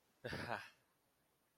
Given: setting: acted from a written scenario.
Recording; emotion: vocal sound without words; elation